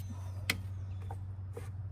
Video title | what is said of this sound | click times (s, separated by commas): F150 Alternator Replacement | That snapped in. That's done. | 0.5 s